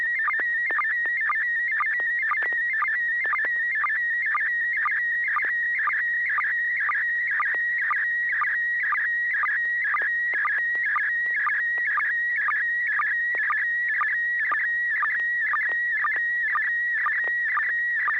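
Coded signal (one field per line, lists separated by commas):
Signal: SSTV (slow-scan television)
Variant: PD120 mode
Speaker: i have a picture i'd like to send it in pd120 it's got some fine detail in it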